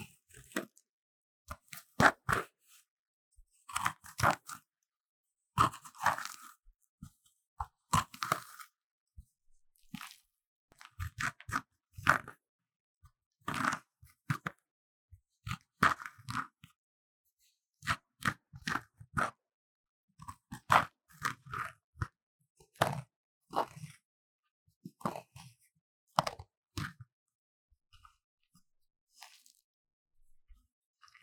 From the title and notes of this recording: Relaxing Scrape Magnesium Powder Block | NoTalking.